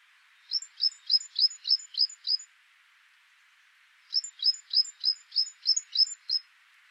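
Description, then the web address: Great tit repeating sharp two-part notes, a high tick then a falling note, in two even series of seven or eight with a short silence between. "SETE data Parus major"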